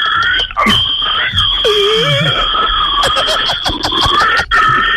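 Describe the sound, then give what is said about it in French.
A person mimics an angry pig with loud, sustained high-pitched squealing that wavers in pitch, broken by short rough grunting bursts, continuing for about five seconds. “Énervé, fais-en énervé. Ouais, bon coup, quand même. Le cochon énervé, ouais.”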